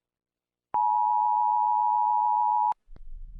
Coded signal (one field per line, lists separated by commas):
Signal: Emergency Alert System (SAME) tones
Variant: 853 and 960 Hz attention tone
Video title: ￼what lurks in the darkness Full version Dark Eas Scenario